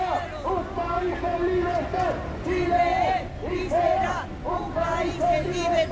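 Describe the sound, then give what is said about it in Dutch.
A large crowd of Team Patriota supporters, the movement of Francisco Muñoz, gathered at the presidential palace in Chile to celebrate Pinochet, chants in unison that Chile is and will remain a free country; rhythmic waves of many voices rise and fall in repeated phrases, loud and continuous with a dense murmur of babble underneath. “Chile is en zal blijven een vrij land, dat roepen ze.”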